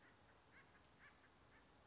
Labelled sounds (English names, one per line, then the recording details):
Western Flycatcher
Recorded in Sonoma County, California